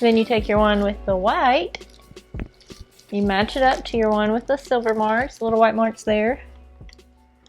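Someone talks while a white-marked propeller for a Mavic Air 2 drone is lined up with the matching white marks on its motor and pushed down onto the motor mount. Faint handling taps are heard between the words. The propeller has not seated or clicked into place yet.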